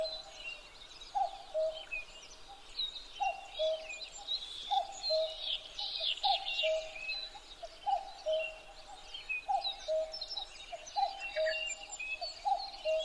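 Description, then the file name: Common cuckoo giving steady falling two-note calls in a series, with many small birds chirping and trilling high above. Recorded 12 June 2011 at 03:53. "kakkou-20110612-0353"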